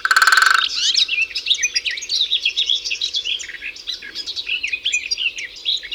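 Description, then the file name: European goldfinch song that opens with a harsh buzzy rasp, then breaks into rapid tinkling twitters and chirps for the rest. "Carduelis carduelis"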